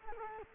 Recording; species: mosquito wingbeat signal from an infrared sensor; Culex quinquefasciatus